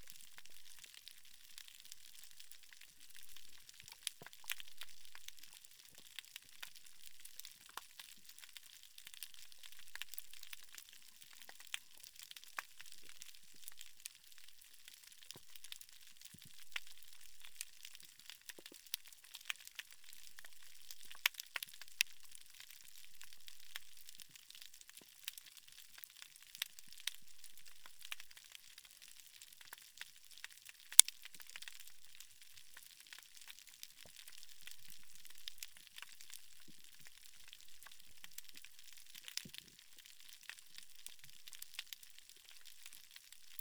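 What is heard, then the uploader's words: Snapping shrimp crackle continuously, a dense, even fizz of tiny clicks sitting high and bright with almost nothing low underneath. Slightly louder snaps pop out irregularly, with one sharp, distinct crack near the 31-second mark. The texture stays steady throughout. Mesoamerican reef at night. Underwater recording of coral reef at night recorded autonomously (no human presence to change the soundscape). Punta Nizuc is a marine protected area off the coast of Cancun. At night, there are no loud boat motors. The primary crackling sound you hear is snapping shrimp.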